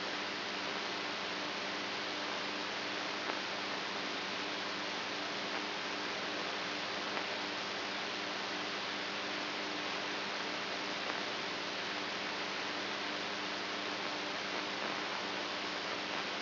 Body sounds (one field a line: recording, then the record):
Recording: brain microelectrode recording played as sound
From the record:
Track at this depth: outside the subthalamic nucleus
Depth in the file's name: 7.105 mm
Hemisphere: right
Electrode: 2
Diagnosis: Parkinson's disease